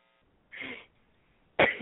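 Two coughs from an adult woman with a cold, heard over a narrow, phone-quality line: first a softer, breathy, throat-clearing cough, then after about a second a sharper, louder explosive cough. The cough sounds dry, with no wheeze or gurgle heard.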